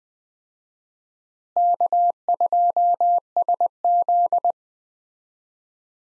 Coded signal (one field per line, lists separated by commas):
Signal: Morse code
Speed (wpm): 20 wpm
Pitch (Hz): 700 Hz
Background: none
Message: K2SZ